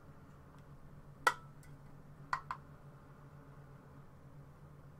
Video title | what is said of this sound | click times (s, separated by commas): Build the Classic Routemaster Issue 41 | I'm happy with that I think they did sort of click into place well some of them did not all of them | 1.3 s, 2.3 s, 2.5 s